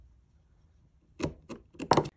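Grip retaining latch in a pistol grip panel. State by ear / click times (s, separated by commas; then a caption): released / 1.9 s. A screwdriver tip is put into the small tab of the grip retaining latch on a Chinese Type 54 "Tokarev" pistol and pushed to the back to free the grip panel. After about a second of near silence, a few short knocks at around 1.2, 1.5 and 1.8 seconds lead to a sharp, loud knock at 1.9 seconds as the latch releases, letting the grip fall out.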